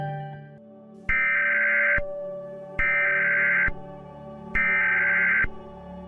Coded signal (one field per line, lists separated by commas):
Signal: Emergency Alert System (SAME) tones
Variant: header bursts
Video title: Egypt Eas Alarm (tsunami and tornado and tufon)